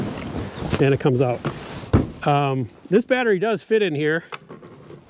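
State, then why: Not seated. A smaller battery pack is handled at the battery bay of a Toro Flex Force electric chainsaw while someone talks, with faint handling noise under the voice. The clip ends before the pack goes home, so nothing has seated or clicked yet.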